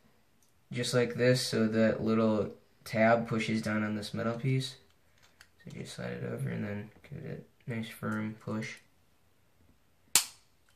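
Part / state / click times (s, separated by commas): plastic splash guard onto a dirt bike carburetor / seated / 10.1 s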